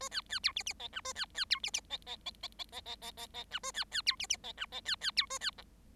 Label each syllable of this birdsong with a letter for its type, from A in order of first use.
A B B C D D E F A B B C D D E E E E E E E E E E F A B B C D D E F E B B C A B G